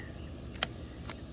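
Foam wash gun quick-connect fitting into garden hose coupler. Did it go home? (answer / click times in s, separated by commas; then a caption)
yes / 0.6 s. The sleeve of a garden hose quick-connect coupling is pulled back and a foam wash gun's fitting is pushed onto it until it locks in place, with a sharp click at 0.6 s. A fainter tick follows at about 1.1 s over a steady low background rumble, and the fitting is seated.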